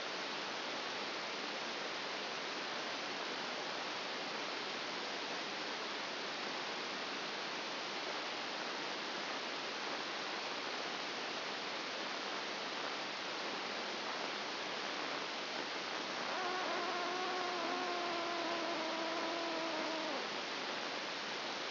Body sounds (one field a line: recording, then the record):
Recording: brain microelectrode recording played as sound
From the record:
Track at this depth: inside the subthalamic nucleus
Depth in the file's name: 2.105 mm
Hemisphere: left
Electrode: 2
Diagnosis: Parkinson's disease